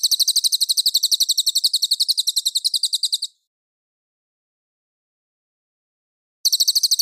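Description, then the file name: Mangrove whistler delivering a quick, rattling trill of high, evenly spaced notes, then silence, then the trill starts up again near the end. Song described as clear. "suara burung cililin jernih"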